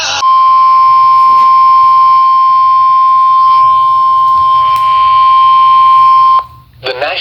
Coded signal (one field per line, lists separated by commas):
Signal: Emergency Alert System (SAME) tones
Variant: 1050 Hz attention tone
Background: speech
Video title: Some EAS Alerts from 6/11/2026 (EAS #843-859)